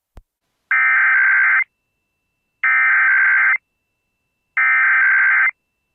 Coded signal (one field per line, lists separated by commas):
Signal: Emergency Alert System (SAME) tones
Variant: header bursts